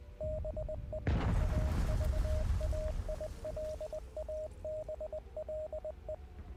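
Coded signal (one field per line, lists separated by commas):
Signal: Morse code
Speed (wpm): 20 wpm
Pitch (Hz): 620 Hz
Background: none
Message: BE AVAILABLE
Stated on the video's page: Heard during a livestream of the game Hell is Us.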